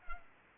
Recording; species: mosquito wingbeat signal from an infrared sensor; Culex pipiens